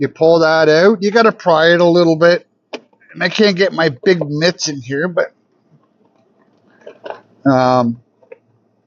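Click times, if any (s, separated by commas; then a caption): 8.2 s, 8.3 s. A USB port module is worked into its opening at the back of a plastic dash trim panel while someone talks, followed by quieter handling sounds. Two quick sharp ticks at 8.2 and 8.3 seconds mark the module snapping into place.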